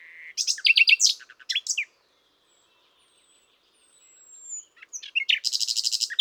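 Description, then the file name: Common nightingale singing varied phrases: a whistle, clipped rattling notes and chirps, a long thin descending whistle, then a dense buzzy trill. "Luscinia megarhynchos"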